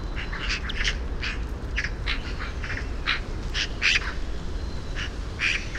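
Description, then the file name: Eurasian magpie making short, harsh chattering notes in a loose series over low background noise. "Pica pica"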